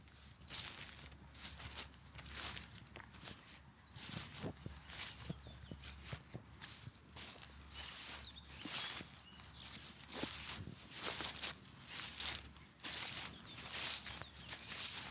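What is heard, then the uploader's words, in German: A walk through a forest, with steady crunching footsteps on leaves and twigs over a low constant hum and faint outdoor ambience. Genieß den ruhigen Ausklang des Tages mit einem Spaziergang durch den Wald nähe Linz.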